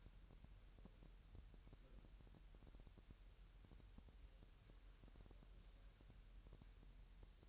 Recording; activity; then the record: daily activity, microphone in the room; wipe stove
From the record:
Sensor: 2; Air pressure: 1000.8 hPa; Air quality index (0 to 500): 249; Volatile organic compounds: 99 ppm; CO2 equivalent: 3746 ppm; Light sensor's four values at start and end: 9/23/9/9 and 9/23/9/9